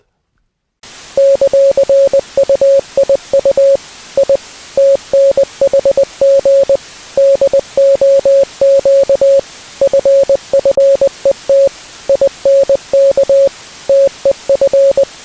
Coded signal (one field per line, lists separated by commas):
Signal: Morse code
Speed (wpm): 20 wpm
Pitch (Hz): 550 Hz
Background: music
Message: ;UIU I TNHG DOQ FFET INK TEF